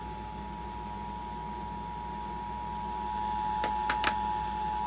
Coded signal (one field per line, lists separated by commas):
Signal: Emergency Alert System (SAME) tones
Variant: 853 and 960 Hz attention tone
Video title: National EAS Test 2019 On Charleston WV Suddenlink (8/7/19) EAS 67